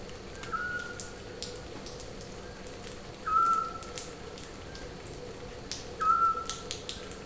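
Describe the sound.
Scops owl giving single short whistled notes, each a clear steady tone, repeated about every three seconds over faint crackling patter.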